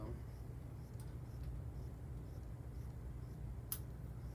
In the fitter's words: and it snaps right in then you take a you